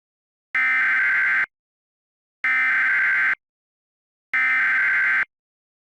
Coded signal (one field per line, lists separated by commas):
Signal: Emergency Alert System (SAME) tones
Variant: header bursts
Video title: EAS Scenario - Transformed Remastered